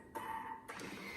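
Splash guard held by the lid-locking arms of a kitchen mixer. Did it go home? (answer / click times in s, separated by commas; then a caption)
no / none. A splash guard sits on the lid of a Thermomix food processor's mixing bowl as the machine's lid-locking arms start to close over it. A broadband rustling burst at 0.1 s leads into a steady high tone with a low hum, and a second burst comes at 0.7 s before the hum continues. The clip ends before the arms finish, so nothing has seated or clicked yet.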